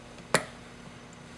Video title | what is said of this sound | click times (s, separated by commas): Model 21 Reset | you heard it click | 0.3 s